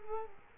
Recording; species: mosquito wingbeat signal from an infrared sensor; Culex quinquefasciatus